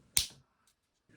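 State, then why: Seated. The plastic cover of a Skoda Superb MK3 / Kodiaq keyless car key fob, refitted after a CR2032 battery replacement, is attached on one side first and then pressed on the other side. A single sharp plastic snap at 0.2 s, with a brief decaying rattle, is followed by near silence. The cover's clips are seated in place.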